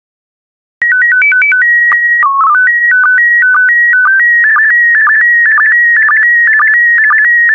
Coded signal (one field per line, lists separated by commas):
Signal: SSTV (slow-scan television)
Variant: PD 120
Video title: 109037 Foxes and Coyotes SSTV PD120